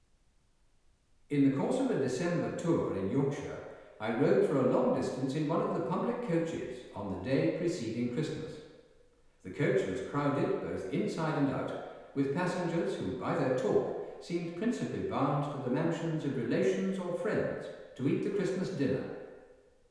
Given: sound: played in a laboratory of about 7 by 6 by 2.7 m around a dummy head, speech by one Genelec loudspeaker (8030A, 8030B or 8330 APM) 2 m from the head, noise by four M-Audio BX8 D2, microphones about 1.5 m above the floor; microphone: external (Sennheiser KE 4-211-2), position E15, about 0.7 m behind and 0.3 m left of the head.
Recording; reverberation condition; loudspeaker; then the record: male speech in English; high; 90 degrees to the right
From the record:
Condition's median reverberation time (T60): about 1300 ms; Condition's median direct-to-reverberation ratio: about -4.0 dB